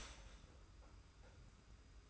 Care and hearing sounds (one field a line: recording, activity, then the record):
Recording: daily activity, microphone in the room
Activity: start toaster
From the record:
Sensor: 2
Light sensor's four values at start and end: 32/97/38/36 and 32/97/38/36